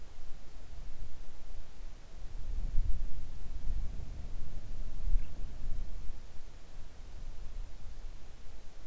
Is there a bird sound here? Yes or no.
no